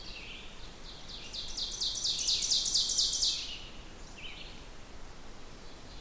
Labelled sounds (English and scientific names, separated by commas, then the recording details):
Ovenbird (Seiurus aurocapilla) song
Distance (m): 35 m
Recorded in boreal forest in Alberta, Canada, on 16 June 2016 at 08:04
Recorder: SongMeter 3, array SBT-3-32
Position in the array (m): 144 m, 26 m
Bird 36